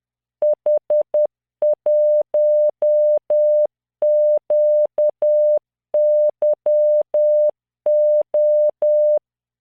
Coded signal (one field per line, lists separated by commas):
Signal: Morse code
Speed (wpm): 10 wpm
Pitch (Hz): 600 Hz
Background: none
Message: H1QYO